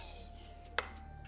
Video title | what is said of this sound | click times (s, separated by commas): VALUE GLOVEBOX February Unboxing - Glovebox RX and More | okay I heard that click or pop | 0.8 s